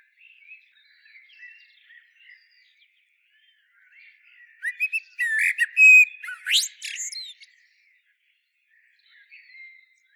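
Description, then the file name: Common blackbird gives a short cluster of shrill squeaks and twittering notes midway, with only faint soft chatter before and after. "Turdus merula"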